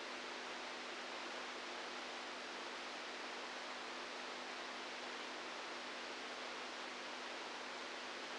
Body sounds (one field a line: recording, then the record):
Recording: brain microelectrode recording played as sound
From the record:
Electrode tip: inside the subthalamic nucleus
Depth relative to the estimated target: -1 mm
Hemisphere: right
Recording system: NeuroSet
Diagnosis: Parkinson's disease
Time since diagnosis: 10 years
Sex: female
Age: 67 years